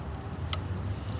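A connector's locking collar is spun by hand onto its mating connector after the connector has been seated. A sharp tick at 0.5 s marks the collar locking into place, followed by a fainter tick at 1.1 s over a low hum. The locking ring is locked and the connection is seated.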